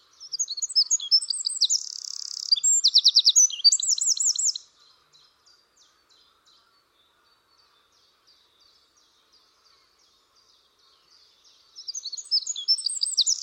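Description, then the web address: Bird giving a dense burst of high chirps, buzzes and quick trills for about four seconds, then near silence, then a new burst of chirping starting at the end. "cianscape birddata Deverinetal 2025"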